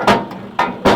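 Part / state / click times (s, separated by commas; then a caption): lift arm latching on a hydraulic machine / seated / 0.6 s. A hydraulic machine's lift arm is raised until it goes up far enough and latches at the top. A broadband transient comes near 0.1 s, and a sharp metallic clunk follows at 0.6 s as the arm locks into place. A further burst comes around 0.9 s.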